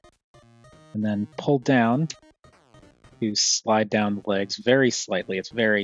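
During transformation of a Takara United UN19 Wheeljack plastic action figure, the plastic leg section is slid down slightly into the figure's lower body to extend the legs. Someone talks over faint tonal background sound, with only a few quiet ticks at about 0.4, 2.4 and 3.0 seconds. The leg section has not clicked into place yet by the end of the clip.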